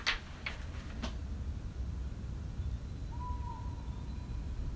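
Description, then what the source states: Little owl giving a single clear hooting note that rises slightly and then levels off, after a few sharp clicks at the start, with low background rumble. Recorded on 23 February 2020.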